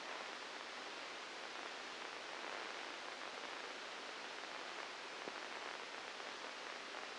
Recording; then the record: brain microelectrode recording played as sound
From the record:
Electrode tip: inside the subthalamic nucleus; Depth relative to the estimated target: 1 mm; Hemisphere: right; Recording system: NeuroSet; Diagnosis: Parkinson's disease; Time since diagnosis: 8 years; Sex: male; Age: 59 years